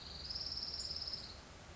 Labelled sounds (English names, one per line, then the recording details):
Orange-crowned Warbler
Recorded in Sonoma County, California